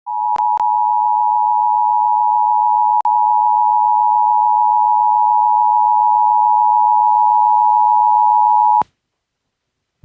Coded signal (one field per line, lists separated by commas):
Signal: Emergency Alert System (SAME) tones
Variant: 853 and 960 Hz attention tone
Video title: EAS 117 - Washington State EVI (FIRST OUT OF STATE EVI!)